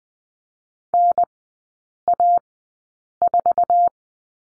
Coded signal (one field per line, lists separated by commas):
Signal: Morse code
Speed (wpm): 20 wpm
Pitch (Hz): 700 Hz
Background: none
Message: NA4